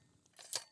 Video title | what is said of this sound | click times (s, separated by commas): [FULL BREAKDOWN] Ohio Ordnance REAPR .338 NM Belt-Fed Machine Gun | and it unlocks and brings it out to the front | 0.6 s